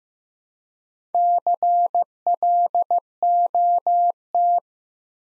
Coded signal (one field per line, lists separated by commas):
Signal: Morse code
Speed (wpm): 15 wpm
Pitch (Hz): 700 Hz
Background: none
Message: CLOT